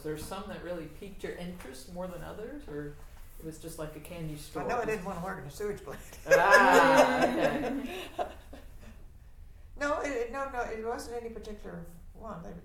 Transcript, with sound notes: Was there some that really piqued your interest more than others? Or it was just like a candy store?
I know I didn’t want to work in a sewage plant. [laughter]
Ah, okay.
No. No, it wasn’t any particular one.